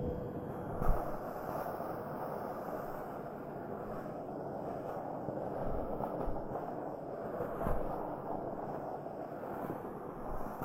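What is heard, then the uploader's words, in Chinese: A hair dryer runs steadily throughout, a dense, low-heavy rush of air with a thin, wavering whine riding high above it. Brief sharp clicks or pops stand out near the one-second mark and again around eight seconds. 吹风机。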